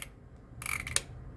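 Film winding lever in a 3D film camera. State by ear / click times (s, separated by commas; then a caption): seated / 1.0 s. A film winding lever on a 3D film camera is turned with a thumb until it stops. A short burst of ratcheting from about 0.6 s ends in a sharp click at 0.96 s as the lever locks at its end stop. The lever is seated and the shutter can then be pressed.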